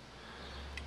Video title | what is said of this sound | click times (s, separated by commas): Lighthouse Hydro Pro Series Grow Tent Install | locked in once it's in the frame can't come apart even if you lift it up | 0.8 s